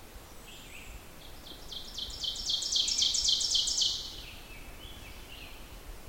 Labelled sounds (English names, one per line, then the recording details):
Ovenbird song
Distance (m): 20 m
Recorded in boreal forest in Alberta, Canada, on 14 June 2016 at 06:03
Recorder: SongMeter 3, array SBT-3-33
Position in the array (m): 108 m, 20 m
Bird 21